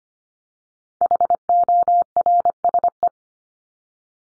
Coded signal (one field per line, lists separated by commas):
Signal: Morse code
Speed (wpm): 25 wpm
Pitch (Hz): 700 Hz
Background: none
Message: HORSE